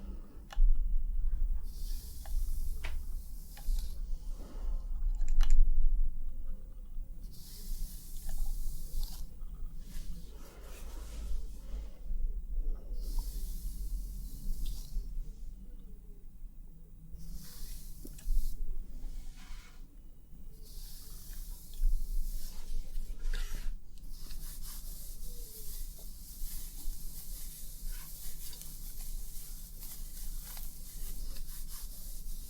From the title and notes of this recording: ASMR Cozy Scalp Treatment, Massage + Hair Wash for Sleep ~ personal attention roleplay.